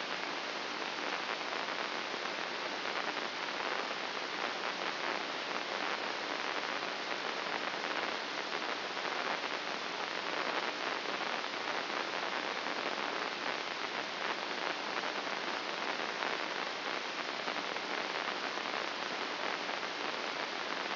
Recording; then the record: brain microelectrode recording played as sound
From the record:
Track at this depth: outside the subthalamic nucleus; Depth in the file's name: 7.828 mm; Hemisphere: left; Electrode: 2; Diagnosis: Parkinson's disease